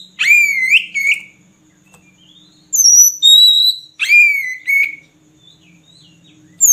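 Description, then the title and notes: Oriental magpie-robin giving sharp falling whistles and clear level whistled notes in short phrases, with a faint low hum between them. Long-duration song used as fill material for training kept birds to sing, for day and night. "Kacer Jadi Gacor Siang Malam. Isian Kacer Durasi Panjang"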